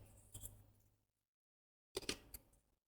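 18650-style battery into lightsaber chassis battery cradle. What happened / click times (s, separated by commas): The battery is being handled and dropped in but has not yet snapped home / none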